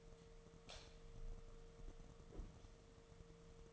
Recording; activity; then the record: daily activity, microphone in the room; light on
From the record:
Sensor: 4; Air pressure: 1015.6 hPa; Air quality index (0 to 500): 183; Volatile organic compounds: 8 ppm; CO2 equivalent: 2117 ppm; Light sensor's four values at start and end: 14/31/13/12 and 14/35/14/14